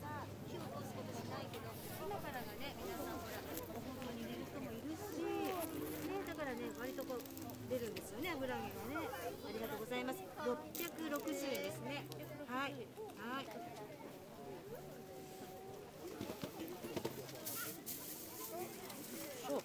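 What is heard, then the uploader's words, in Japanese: Lively morning market soundscape with many overlapping voices chattering continuously, occasional sharp clatters and brief tones, and a steady low hum underneath. 朝市出店日の音風景。12月ですが、寒すぎず心地よい晴れ。合間を見て、会場を一周した様子です。皆、思い思いに過ごし、にぎやか。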